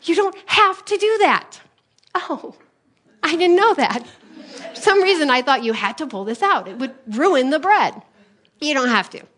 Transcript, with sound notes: You don’t have to do that.” Oh. I didn’t know that. (laughter) For some reason I thought you had to pull this out, it would ruin the bread. You don’t have to.